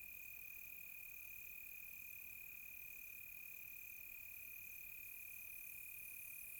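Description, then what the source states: Cricket keeps up an even, sustained high trill without pause, backed by faint higher-pitched insect buzzing. Crickets calling close by on a quiet tropical night.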